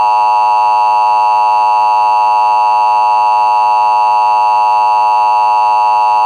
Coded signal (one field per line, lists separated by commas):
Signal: Emergency Alert System (SAME) tones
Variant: 853 and 960 Hz attention tone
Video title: FAKE EMERGENCY ALERT SYSTEM Severe Thunderstorm Warning For Franklin County